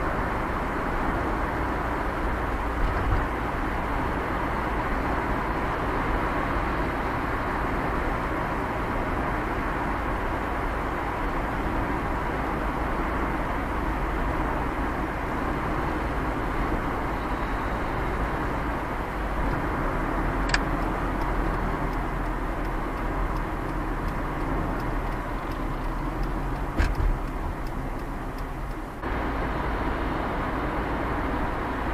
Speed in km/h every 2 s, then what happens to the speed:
17, 20, 24, 24, 20, 16, 9, 8, 14, 23, 30, 30, 24, 17, 10, 10.
0-6 speeds up to 24. 6-14 slows to 8. 14-20 speeds up to 30. 22-28 slows to 10.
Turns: 10-15, 24-32.